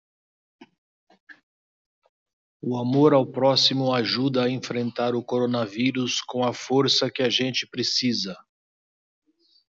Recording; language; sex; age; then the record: spoken sentence; Brazilian Portuguese; male; 60 to 69 years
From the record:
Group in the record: control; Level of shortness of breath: 0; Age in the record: 60 years